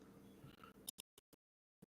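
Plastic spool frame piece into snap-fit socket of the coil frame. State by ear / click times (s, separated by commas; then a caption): seated / 0.9 s, 1.0 s. After the joint is sanded clean, a piece of a plastic coil spool frame is pressed by hand, with some pressure and no glue, into its mating snap-fit socket on the coil frame. A low, steady background hum gives way to sharp clicks at 0.9 s and 1.0 s, followed by a few faint ticks and then near silence. The piece snaps in and seats tightly enough to need no glue.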